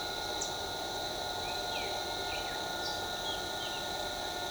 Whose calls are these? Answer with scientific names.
none